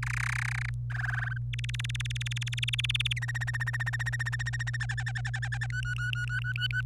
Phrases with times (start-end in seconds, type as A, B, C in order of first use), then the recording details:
0.02-0.69 A, 0.90-1.37 B, 1.53-3.13 C, 3.16-4.77 D, 4.80-5.67 E, 5.70-6.81 F. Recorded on 25 April 2018 at 18:20. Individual llb3